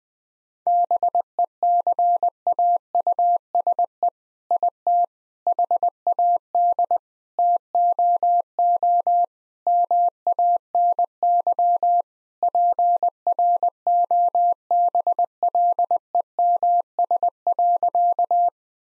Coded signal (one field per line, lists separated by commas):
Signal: Morse code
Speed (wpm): 20 wpm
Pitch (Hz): 700 Hz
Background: none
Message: BECAUSE IT HAD TOO MANY PROBLEMS.